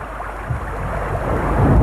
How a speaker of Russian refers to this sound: И словно в ответ на его безрадостные слова начался потоп. Мы не слышали даже собственных слов. Огни города будто смыло. Мы сидели молча, пока гроза не утихла.